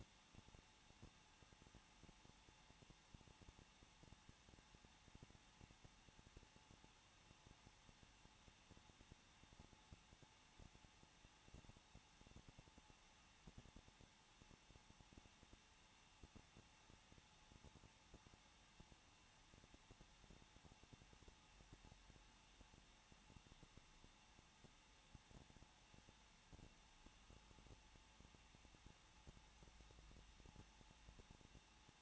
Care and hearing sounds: daily activity, microphone in the room; no activity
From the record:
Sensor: 1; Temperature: 20.1 degrees Celsius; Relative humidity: 39.2%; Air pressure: 1006.3 hPa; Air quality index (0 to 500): 218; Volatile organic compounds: 79 ppm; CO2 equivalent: 3595 ppm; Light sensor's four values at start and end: 1/2/1/1 and 1/2/1/1

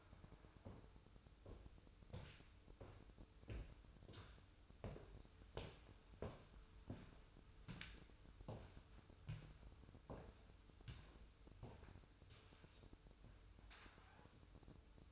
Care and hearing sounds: daily activity, microphone in the room; walk to room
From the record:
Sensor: 2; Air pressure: 988.1 hPa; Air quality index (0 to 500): 178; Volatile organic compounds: 117 ppm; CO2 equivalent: 3859 ppm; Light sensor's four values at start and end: 21/71/28/26 and 21/71/28/27

